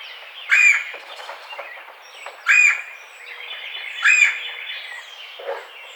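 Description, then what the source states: Red-bellied woodpecker giving three rough churring calls about one and a half to two seconds apart, softer bird chirps continuing in the background. Recorded 4 May 2009.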